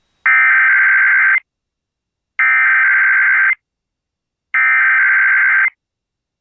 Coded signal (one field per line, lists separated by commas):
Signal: Emergency Alert System (SAME) tones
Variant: header bursts